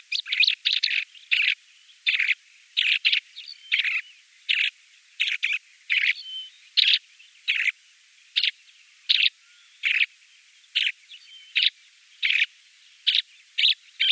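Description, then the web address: Lesser short-toed lark song: short, dry chirps repeated in an uneven rhythm, sometimes doubled, over a light hiss. "Schulze Peter Lesser Short-toed Lark"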